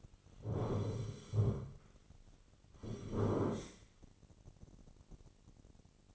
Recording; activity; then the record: daily activity, microphone in the room; sit down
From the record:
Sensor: 4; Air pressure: 1010.0 hPa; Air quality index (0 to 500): 188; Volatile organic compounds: 3 ppm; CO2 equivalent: 1351 ppm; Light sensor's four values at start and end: 35/86/36/38 and 36/88/36/38